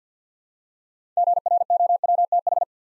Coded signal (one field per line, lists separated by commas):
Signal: Morse code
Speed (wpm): 50 wpm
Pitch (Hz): 700 Hz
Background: none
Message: GROWTH